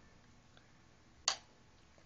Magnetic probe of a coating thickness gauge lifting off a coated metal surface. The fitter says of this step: until it clicks up and then you read your reading